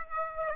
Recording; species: mosquito wingbeat signal from an infrared sensor; Aedes aegypti